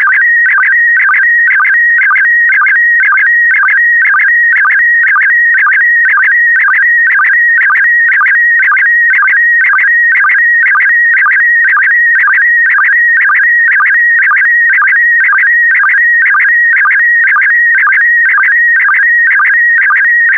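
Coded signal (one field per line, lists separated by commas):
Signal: SSTV (slow-scan television)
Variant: PD120 mode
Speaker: get ready starting transmission in 5 4 3 2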